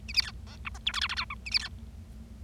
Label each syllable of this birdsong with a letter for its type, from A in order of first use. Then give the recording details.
A B C D E F G H I I J K A B C. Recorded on 25 March 2012 at 14:20. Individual gy6or6